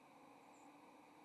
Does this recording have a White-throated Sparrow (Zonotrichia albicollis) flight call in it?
yes